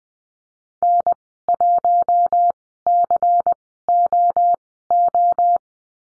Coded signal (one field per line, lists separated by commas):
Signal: Morse code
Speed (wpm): 20 wpm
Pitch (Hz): 700 Hz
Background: none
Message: N1COO